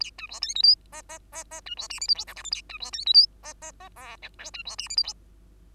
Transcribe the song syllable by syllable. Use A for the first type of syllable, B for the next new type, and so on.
A B C D E F G G G G B C H I J K L M N A B C D E F G G G O P Q B C H I J K